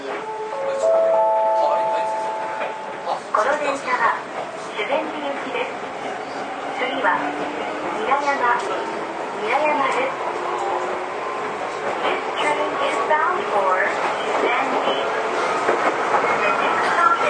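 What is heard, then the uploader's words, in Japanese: Onboard an Izuhakone Railway 3000 series stainless-steel train between Mishima and Shuzenji, a steady low rumble of the running car fills the whole clip. Voices talk over it throughout, and a few high tones ring out near the start, with a long rising whine that holds for much of the clip. 伊豆箱根鉄道3000系(ステンレス車) 三島〜修善寺。伊豆箱根鉄道駿豆線のステンレス車。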